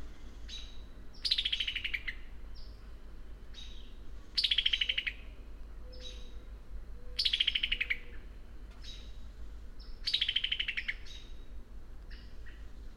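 Bird song: a loud descending buzzy trill repeated about every three seconds, with short soft whistles between phrases over low background rumble.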